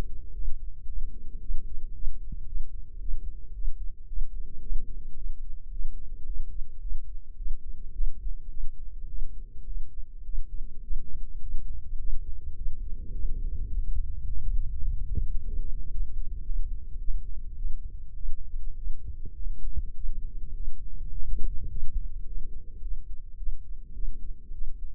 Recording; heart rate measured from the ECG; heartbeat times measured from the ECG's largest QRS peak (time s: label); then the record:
heart sounds by microphone in the left ear; 107 bpm
0.34 s: heartbeat
0.87 s: heartbeat
1.40 s: heartbeat
1.93 s: heartbeat
2.46 s: heartbeat
2.99 s: heartbeat
3.53 s: heartbeat
4.07 s: heartbeat
4.61 s: heartbeat
5.15 s: heartbeat
5.70 s: heartbeat
6.25 s: heartbeat
6.80 s: heartbeat
7.36 s: heartbeat
7.91 s: heartbeat
8.49 s: heartbeat
9.07 s: heartbeat
9.65 s: heartbeat
10.23 s: heartbeat
10.81 s: heartbeat
11.39 s: heartbeat
11.97 s: heartbeat
12.55 s: heartbeat
13.13 s: heartbeat
13.69 s: heartbeat
14.25 s: heartbeat
14.80 s: heartbeat
15.35 s: heartbeat
15.89 s: heartbeat
16.43 s: heartbeat
16.98 s: heartbeat
17.54 s: heartbeat
18.14 s: heartbeat
18.75 s: heartbeat
19.34 s: heartbeat
19.93 s: heartbeat
20.52 s: heartbeat
21.10 s: heartbeat
21.68 s: heartbeat
22.25 s: heartbeat
22.80 s: heartbeat
23.36 s: heartbeat
23.92 s: heartbeat
24.51 s: heartbeat
From the record:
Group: healthy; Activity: rest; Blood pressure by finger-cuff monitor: 135/74 mmHg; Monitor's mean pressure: 89 mmHg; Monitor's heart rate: 106 bpm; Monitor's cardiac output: 9.3 L/min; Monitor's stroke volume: 87 mL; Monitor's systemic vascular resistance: 700 dyn s/cm5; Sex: male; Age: 19 years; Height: 178 cm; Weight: 83 kg